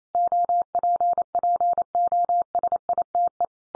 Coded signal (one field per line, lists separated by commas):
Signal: Morse code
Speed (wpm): 28 wpm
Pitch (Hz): 700 Hz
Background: none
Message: OPPOSITE